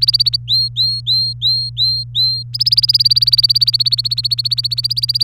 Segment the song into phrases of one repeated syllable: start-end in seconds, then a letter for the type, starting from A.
0.01-0.36 A, 0.48-2.43 B, 2.53-5.24 A